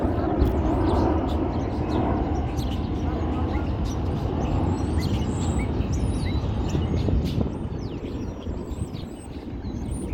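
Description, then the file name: Birds chirping, with short high tweets and twitters scattered irregularly throughout, over a constant low rumble of background noise. Recorded outdoors. "birds outside lincoln memorial"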